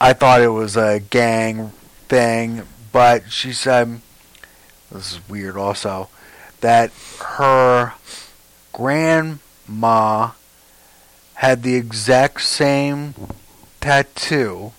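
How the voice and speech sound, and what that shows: An adult man tells a short anecdote in halting phrases, with long silent gaps and drawn-out syllables breaking up simple sentences, such as pauses before 'grandma' and 'had'. This hesitant, effortful delivery with word-finding pauses fits aphasia in a survivor of stroke or brain injury.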